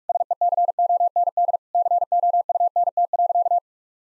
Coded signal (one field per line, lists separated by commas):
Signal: Morse code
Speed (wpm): 43 wpm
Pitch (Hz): 700 Hz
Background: none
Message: SECOND COUNT.